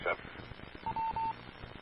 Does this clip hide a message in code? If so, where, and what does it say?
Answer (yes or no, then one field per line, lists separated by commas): no